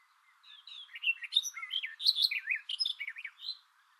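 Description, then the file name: Barred warbler singing one continuous jumbled phrase of quick scratchy and whistled notes, swooping up and down for about three seconds. "karvalyposzata hangja"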